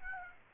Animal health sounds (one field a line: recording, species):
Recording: mosquito wingbeat signal from an infrared sensor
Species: Aedes aegypti